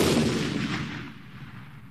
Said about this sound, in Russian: Ударила пушка с противоположного берега Москва-реки. Прилетело ядро в восточную часть Кремлевской стены.